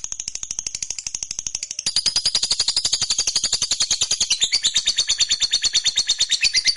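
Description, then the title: Lovebird chattering nonstop in rapid ticking pulses that grow louder after two seconds into a shrill, trilling, buzzy song. Fighter lovebird singing energetically (gacor). "SUARA Lovebird FIGHTER GACOR"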